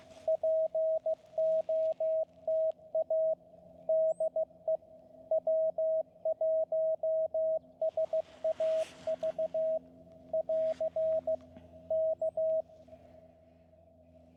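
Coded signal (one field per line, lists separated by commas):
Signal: Morse code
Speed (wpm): 15 wpm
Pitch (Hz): 640 Hz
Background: radio noise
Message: POTA DE W1SAV <AR> K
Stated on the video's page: Park activation reaching exactly ten contacts, with long quiet stretches.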